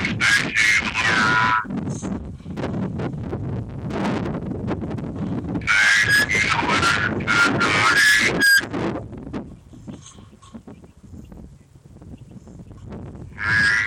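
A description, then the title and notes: Wind buffets a high-gain microphone in gusty low rumbles, with bright chirping bursts near the start, around six to eight seconds, and the end. This is a field recording from May 25th, the day after my car window got smashed in in Oakland. This field recording was on high gain and there was wind blowing into the android recording device. I attempted to fix some things with iZotope RX 6 plugins inside of Ableton Live.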